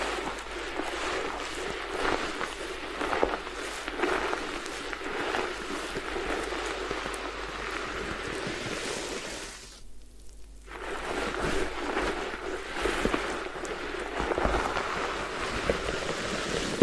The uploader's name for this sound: Head Spa Hair Wash, Massage, Ear Cleaning